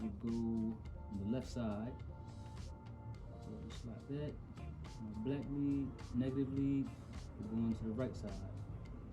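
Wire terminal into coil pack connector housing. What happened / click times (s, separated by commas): Handled, not yet home: a wire terminal is positioned at its connector but has not clicked in / none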